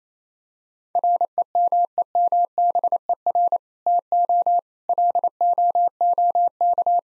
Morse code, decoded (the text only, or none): REMEMBER TO LOOK